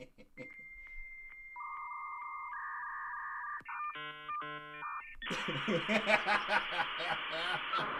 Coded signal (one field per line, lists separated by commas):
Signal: dial-up modem handshake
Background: speech